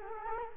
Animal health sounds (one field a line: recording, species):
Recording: mosquito wingbeat signal from an infrared sensor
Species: Culex quinquefasciatus